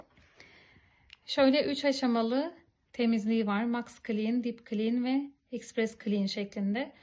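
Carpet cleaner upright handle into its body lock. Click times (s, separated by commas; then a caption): 1.1 s. The upright handle of a Bissell ProHeat 2X Revolution carpet cleaner, tilted back after releasing its brake/recline lock, is pushed slightly upward and seats back into its body lock with a small click at 1.1 s. Faint handling noises come before it, then someone talks for the rest of the clip.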